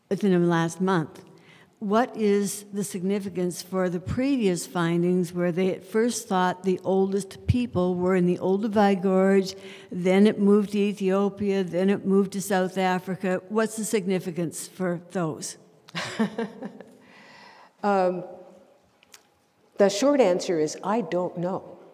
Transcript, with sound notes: within the last month, what is the significance for the previous findings where they at first thought the oldest people were in the Olduvai Gorge, then it moved to Ethiopia, then it moved to South Africa? What’s the significance for those?
(laughs) The short answer is, I don’t know.